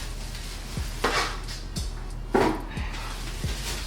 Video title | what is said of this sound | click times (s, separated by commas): Installing New Tinted LED Turn Signals On My Jeep Wrangler! | Hopefully it should click right in. Yes. Other side. Yes. Excellent. | 1.1 s, 1.8 s